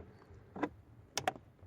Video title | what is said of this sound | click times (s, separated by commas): 2010 Honda Civic Cabin Air Filter Replacement | hear that? 1 click, 1 click. | 1.2 s, 1.3 s